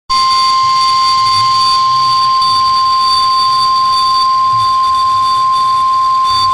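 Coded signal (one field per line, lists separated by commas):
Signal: Emergency Alert System (SAME) tones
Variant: 1050 Hz attention tone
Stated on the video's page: NOAA Weather Radio station on 162.550 MHz, Evansville, Indiana, tornado watch with Perfect Paul synthesized voice.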